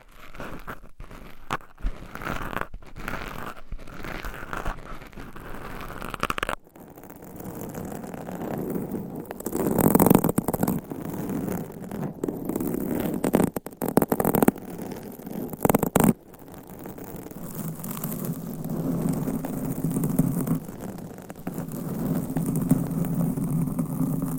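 Scratching, tapping and rubbing against mics and items, with dense scuffing textures that shift every few seconds. Sharp taps and clicks break in around 1–3, 6, 14 and 16 seconds. A low, steady rubbing hum fills the last stretch.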